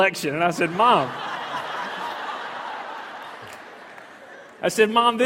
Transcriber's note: laughter